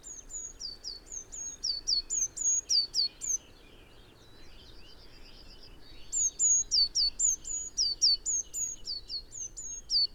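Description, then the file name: Eurasian blue tit repeating strings of high, thin whistles that swap between level and falling notes, with a spell of quieter twittering midway before the whistles resume. "Cyanistes caeruleus"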